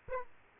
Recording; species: mosquito wingbeat signal from an infrared sensor; Aedes aegypti